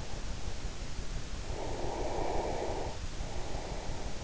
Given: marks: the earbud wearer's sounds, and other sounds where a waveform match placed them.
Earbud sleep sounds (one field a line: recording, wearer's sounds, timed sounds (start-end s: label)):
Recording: sounds in sleep by an in-ear microphone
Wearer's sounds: breath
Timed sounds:
1.36-4.18 s: breath